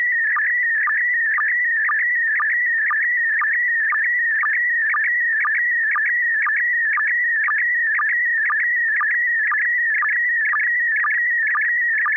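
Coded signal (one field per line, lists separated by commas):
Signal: SSTV (slow-scan television)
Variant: PD120 mode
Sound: steady warbling tone near 2 kHz with short low blips about twice a second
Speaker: Uh, yeah, I believe I'm ready. Uh, and I have a picture. PD120. >> Go right ahead.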